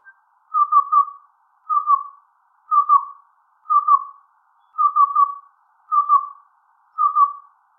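Black-billed cuckoo call: soft, hollow cu-cu-cu phrases of a few notes on an even pitch, repeated in a steady series with no other sounds.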